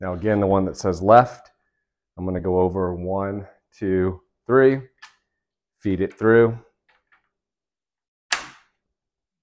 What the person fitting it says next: snaps right into place okay and then we'll do the same one for the middle